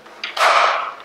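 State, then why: Released. The release button on the chin bar of a Caberg Duke modular motorcycle helmet is pressed, giving a single sharp click at 0.2 s. A broad, airy sweep follows from about 0.4 s and fades by 1.0 s as the chin bar swings up by itself. The chin bar locks in the open position, released one-handed.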